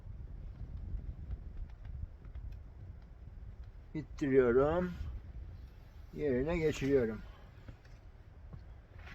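A bowstring loop is being slipped toward the notch at the tip of a bow limb while someone talks in two bursts around 4.2–4.9 s and 6.2–7.2 s. Faint handling ticks are heard under low background noise. The clip ends before the loop goes home, so nothing has seated yet.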